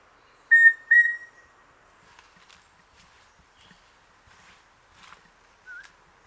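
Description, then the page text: Rufous-breasted antthrush giving two level whistled notes at the start, then soft scattered ticks and rustles, with one brief faint whistle near the end. "Andrew Spencer - Рыжегрудая питтоподобная муравьеловка (Formicarius rufipectus)"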